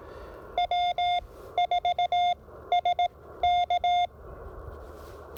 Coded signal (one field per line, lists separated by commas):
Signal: Morse code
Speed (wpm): 18 wpm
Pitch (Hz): 710 Hz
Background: none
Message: W4SK